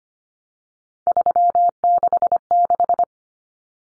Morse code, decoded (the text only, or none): 366